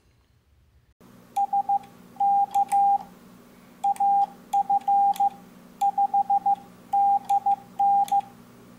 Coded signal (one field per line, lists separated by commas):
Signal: Morse code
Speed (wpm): 15 wpm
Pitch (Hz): 800 Hz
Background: none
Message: SK AF5DN